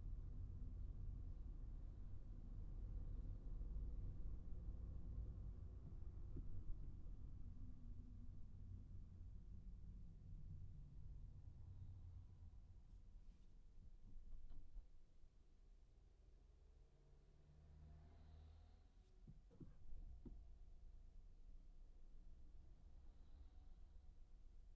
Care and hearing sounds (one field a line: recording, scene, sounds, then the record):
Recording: everyday scene through a hearing-aid microphone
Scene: in a vehicle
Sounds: engine, traffic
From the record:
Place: Skoda Fabia, gasoline engine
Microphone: behind the ear, right, front